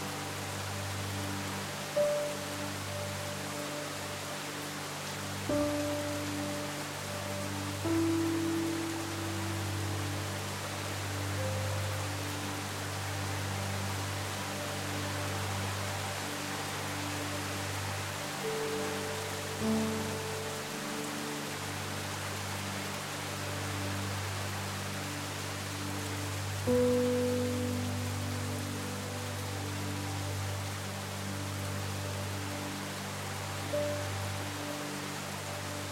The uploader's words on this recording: Two Pianos In The Rain. Two piano melodies that slowly meander behind the sound of a hard rain.